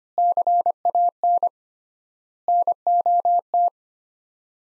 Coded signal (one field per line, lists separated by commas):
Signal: Morse code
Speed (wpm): 25 wpm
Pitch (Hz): 700 Hz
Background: none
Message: CAN NOT